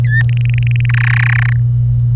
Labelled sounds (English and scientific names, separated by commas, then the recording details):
Domestic Canary (Serinus canaria) song
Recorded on 25 April 2018 at 07:55
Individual llb3